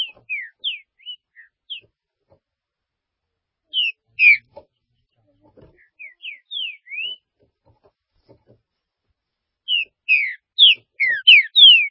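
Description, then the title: Green-winged saltator singing clear whistled notes in several phrases, rising and falling slurs, with faint clicks and taps between phrases. "Trinca Ferro"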